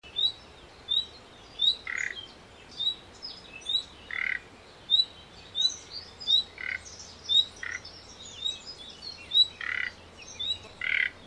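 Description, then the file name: Common nightingale calls: thin whistled notes repeated about twice a second, interspersed with short harsh croaking rattles. "Luscinia megarhynchos"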